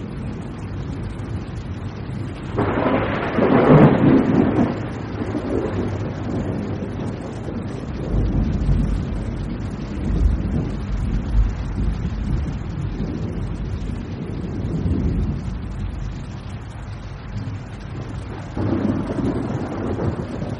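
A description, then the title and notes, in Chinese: A thunderstorm with steady rain hissing throughout and deep, rolling thunder. A loud rumble swells around three seconds in, followed by lower, drawn-out grumbles near eight and fifteen seconds, and another building roll at the end. The thunder sounds heavy. 助眠雷雨声：雷雨。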